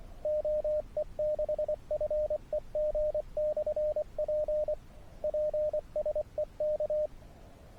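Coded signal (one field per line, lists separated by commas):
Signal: Morse code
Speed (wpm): 22 wpm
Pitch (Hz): 590 Hz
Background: radio noise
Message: OE6FEG/P PSE K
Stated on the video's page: Morse from a SOTA summit activation combined with hike and fly paragliding.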